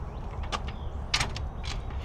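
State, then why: Seated. An OutFItR 2 Bike Hitch Electric Bike Rack carrying two bikes is swung back up into its upright position, with mechanical creaks and scrapes from the moving arm. At 1.1 s its locking latch clicks sharply into place, seating the rack, followed by a smaller knock around 1.4 s and a faint one near the end.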